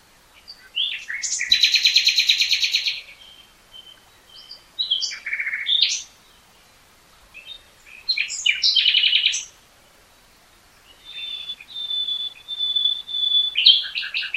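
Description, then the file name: Common nightingale song: bursts of rapid buzzy trills, a long steady whistle and sharp rising notes, separated by short pauses. "Luscinia megarhynchos"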